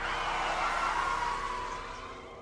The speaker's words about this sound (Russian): Мужчина, будучи и так уже достаточно встревоженным, не смог рассмотреть, что бросилось под колеса, и судорожно вдавил в пол педаль тормоза.